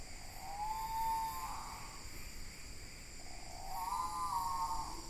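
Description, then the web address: Great pitta giving two soft, mellow whistled calls about three seconds apart, the second slightly wavering, with constant insect buzzing high above. Recorded in Indonesia. "ULM-DS-Lab indonesian-bird-sounds. Pitta maxima"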